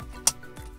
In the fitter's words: There you go. Clicks into place.